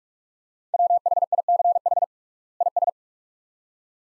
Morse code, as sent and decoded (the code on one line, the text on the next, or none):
.-- .... .. -.-. .... / .. ...
WHICH IS